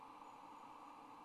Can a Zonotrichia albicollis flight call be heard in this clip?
no